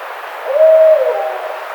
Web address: Barred Owl 2009 04 30 Barred Owl